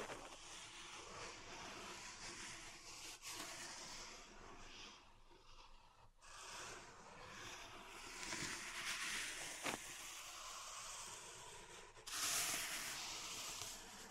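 Pink salt being raked and rubbed, a dense, gritty scraping that fills the bright upper range throughout. Strokes swell and fade unevenly, with brief taps around 3 and 9.7 seconds, a short pause near 6 seconds, and a louder, harsher rush from about 12 seconds on.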